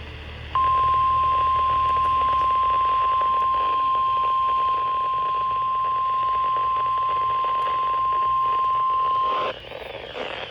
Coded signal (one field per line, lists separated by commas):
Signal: Emergency Alert System (SAME) tones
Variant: 1050 Hz attention tone